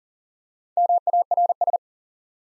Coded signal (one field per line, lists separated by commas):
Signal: Morse code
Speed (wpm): 39 wpm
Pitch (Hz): 700 Hz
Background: none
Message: MARS